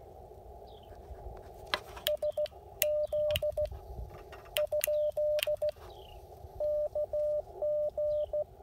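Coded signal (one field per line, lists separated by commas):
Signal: Morse code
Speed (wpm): 13 wpm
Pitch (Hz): 590 Hz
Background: none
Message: SZ ? KG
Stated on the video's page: Parks on the Air activation using an Icom IC-705 and CHA MPAS 2.0 antenna.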